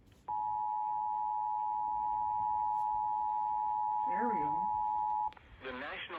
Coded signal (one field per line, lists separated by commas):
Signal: Emergency Alert System (SAME) tones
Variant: 853 and 960 Hz attention tone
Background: speech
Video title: Earraped and scuffed SVR EAS#108